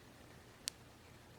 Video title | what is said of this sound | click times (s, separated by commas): How to assemble the new G5 T3 Broadhead. | push them forward till you hear them click see | 0.7 s